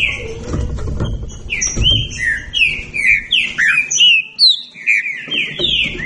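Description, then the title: Green-winged saltator song, loud whistled phrases sliding up and down, given in quick succession with overlapping notes, over low thumping noise early on. Birds singing against each other in a song dispute. "Trinca Ferro Nicao"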